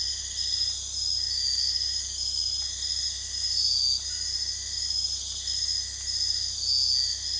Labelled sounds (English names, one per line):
none